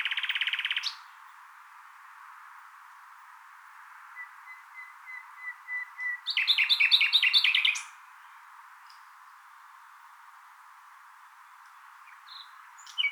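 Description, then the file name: Common nightingale song: a loud buzzy burst, a series of soft piping notes, then a rapid rattling trill, with pauses between phrases. "Luscinia megarhynchos"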